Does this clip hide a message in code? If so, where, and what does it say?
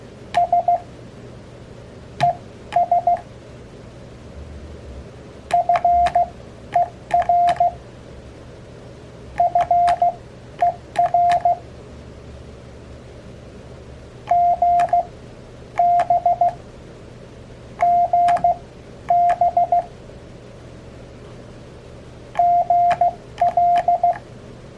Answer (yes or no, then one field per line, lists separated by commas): yes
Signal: Morse code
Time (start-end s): 0.4-24.1 s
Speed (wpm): 16 wpm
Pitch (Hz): 700 Hz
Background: none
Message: S ES FER FER G B GB GL